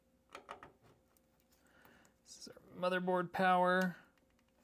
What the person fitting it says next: Okay, got that nice click.